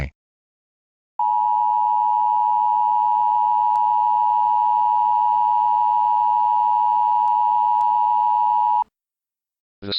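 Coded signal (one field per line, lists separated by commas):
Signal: Emergency Alert System (SAME) tones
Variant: 853 and 960 Hz attention tone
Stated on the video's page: Mock EAS alert for a fictitious Ebola outbreak scenario.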